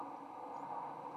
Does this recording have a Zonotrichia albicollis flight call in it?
no